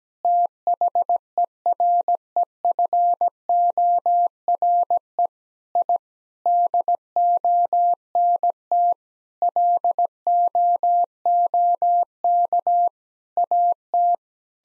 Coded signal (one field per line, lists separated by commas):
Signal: Morse code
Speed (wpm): 17 wpm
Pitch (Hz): 700 Hz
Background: none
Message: THEREFORE I DONT LOOK AT